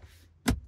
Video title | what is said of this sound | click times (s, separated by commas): Kia Sorento DISABLE Auto Start/Stop Feature - Turn ON and OFF permanently! [2021-2025] | and snapping it into place | 0.5 s